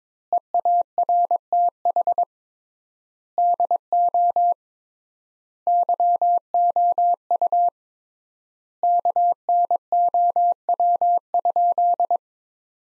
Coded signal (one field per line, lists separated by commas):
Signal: Morse code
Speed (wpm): 22 wpm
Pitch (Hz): 700 Hz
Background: none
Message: EARTH DO YOU KNOW?